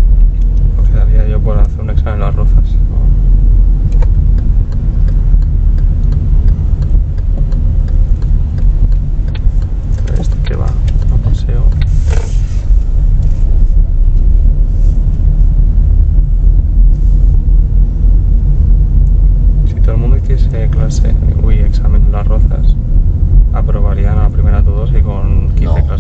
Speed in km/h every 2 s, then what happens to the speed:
22, 21, 19, 17, 14, 15, 16, 20, 22, 23, 23, 23, 22.
0-8 slows to 14. 8-18 speeds up to 23. 18-26 steady at about 23.